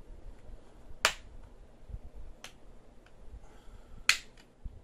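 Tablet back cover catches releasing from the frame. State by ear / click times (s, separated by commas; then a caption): released / 1.0 s, 4.1 s. A plastic pry tool is worked under the edge of a Samsung Galaxy Tab 4's plastic back cover, releasing the catches that hold it to the frame one by one. Sharp snaps ring out at 1.1 s and 4.1 s, with fainter ticks in between, as the back cover catches snap open and release.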